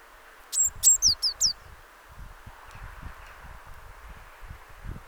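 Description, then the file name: Eurasian blue tit giving a single burst of five high, falling notes early on, followed by rustling and low knocking noises. "Cyanistes caeruleus"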